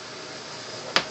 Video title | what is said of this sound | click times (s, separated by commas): CPU-cleaning-101.3gp | So you can see I've got it snapped back in place. | 1.0 s